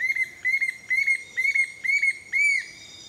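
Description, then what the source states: Bright-rumped Attila calls, a series of six loud arched whistled notes, about two per second, ending with a longer final note. Calls from a perch hidden deep in the canopy in Costa Rica, repeating its maniacal phrases until well after sunrise.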